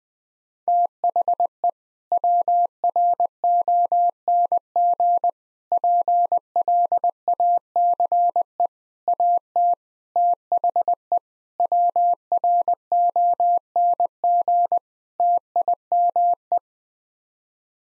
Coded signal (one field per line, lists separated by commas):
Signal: Morse code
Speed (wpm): 20 wpm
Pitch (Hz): 700 Hz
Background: none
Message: THE WRONG PLACE AT THE WRONG TIME